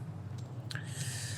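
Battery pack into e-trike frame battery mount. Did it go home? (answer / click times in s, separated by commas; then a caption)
yes / 0.7 s, 0.8 s. The removable battery pack of a Simple Glide recumbent e-trike is set onto the frame's battery mount about a quarter inch from the back and slid home, over a steady low hum. A sharp double click sounds at 0.7 s and 0.8 s as the battery seats in its mount.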